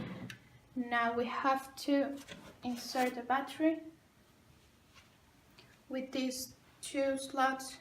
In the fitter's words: we need to rotate the connector until it until it clicks